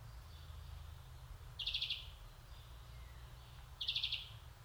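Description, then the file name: European greenfinch calls as two brief rapid chattering trills, roughly two seconds apart, high-pitched, against a constant low background hum. "Chloris chloris"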